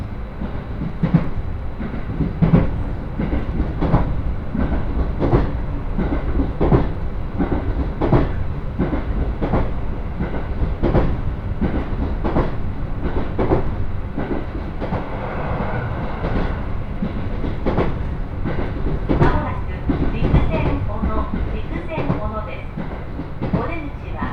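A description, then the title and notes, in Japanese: A hybrid diesel railcar runs at steady speed, heard from inside with a constant deep rumble. Wheels click over rail joints in an even rhythm about once a second throughout. Around fifteen to twenty seconds a faint higher whine rises briefly over the noise. 仙石東北ライン快速 石巻→高城町。帰りは仙石東北ラインの快速に乗ります。ハイブリッド気動車HB-E210系。４両編成。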